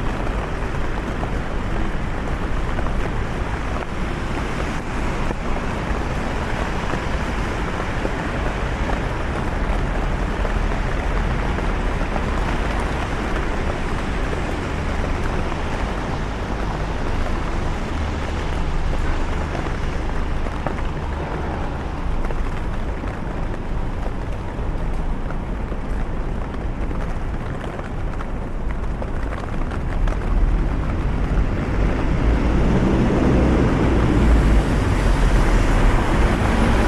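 A rainy walk through London: a dense, steady hiss of rain mixed with a constant low rumble of traffic. The sound stays thick and even throughout, swelling near the end as a heavier, deeper rumble rolls past, like a large vehicle.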